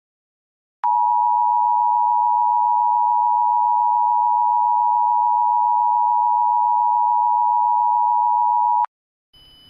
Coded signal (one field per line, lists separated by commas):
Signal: Emergency Alert System (SAME) tones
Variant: 853 and 960 Hz attention tone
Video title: Emergency alert system require monthly test analog horror